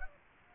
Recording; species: mosquito wingbeat signal from an infrared sensor; Aedes aegypti